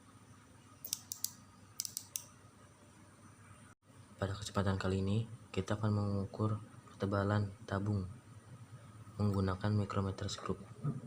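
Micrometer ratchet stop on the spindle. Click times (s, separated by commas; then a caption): 0.9 s, 1.1 s, 1.2 s, 1.8 s, 2.0 s, 2.2 s. A micrometer's ratchet stop on the spindle is turned clockwise until it slips at measuring force, giving sharp clicks at 0.9, 1.1, 1.2, 1.8, 2.0 and 2.2 seconds. After a brief dropout near 3.7 seconds, someone talks for the rest of the clip.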